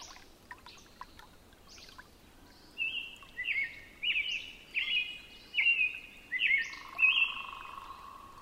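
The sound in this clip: Robin song: short warbled, whistled phrases in a quick series after a quiet start, with a steady tone appearing near the end.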